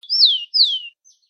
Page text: TICO TICO (Zonotrichia Capensis)